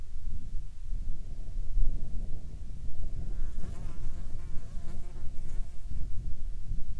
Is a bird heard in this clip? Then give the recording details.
no. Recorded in the Arctic National Wildlife Refuge, Alaska, on 10 July 2019 at 18:28. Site 44